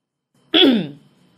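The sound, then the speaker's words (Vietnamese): A man standing in front of a woman's room clears his throat once before knocking on the door, a voiced "ahem" that starts abruptly and slides down in pitch before fading, with no speech around it. “Duy Thành nửa mừng nửa lo, đứng trước phòng cô hắng giọng gõ cửa”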